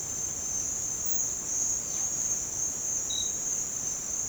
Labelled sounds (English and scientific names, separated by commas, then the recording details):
none
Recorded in dense forest near Puerto Asís, Putumayo, Colombia, on 22 December 2024 at 07:30
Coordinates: 0.466, -76.327
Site G075